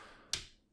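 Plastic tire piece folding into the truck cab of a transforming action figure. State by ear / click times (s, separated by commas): seated / 0.3 s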